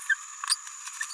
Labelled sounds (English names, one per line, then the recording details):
Green-rumped Parrotlet babbling
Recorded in a nest box in Venezuela
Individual 18B17A4